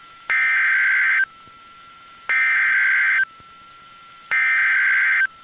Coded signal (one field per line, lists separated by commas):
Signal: Emergency Alert System (SAME) tones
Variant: header bursts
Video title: EAS Alert #150-151